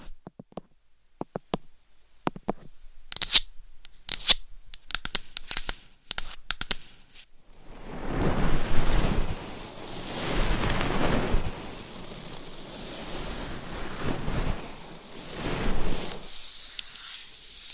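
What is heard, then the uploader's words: Tapping and brushing on a binaural microphone. For the first seven seconds, sparse sharp taps and clicks land at irregular intervals with silence between them. Then continuous scratchy brushing takes over, rising and falling in rushing, surf-like swells about every two seconds until the end. Binaural Mic Scratching , Massage ,Tapping & Brushing. No Talking.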